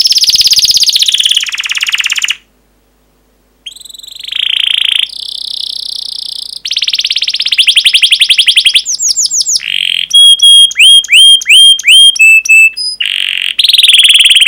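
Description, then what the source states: Canary singing loud rapid trills and rolls that change every second or two, broken by a short silence, then chopped whistled upswept notes repeated quickly. Long 'pancingan' (lure) canary song, presented as masteran (tutor recording) for canaries.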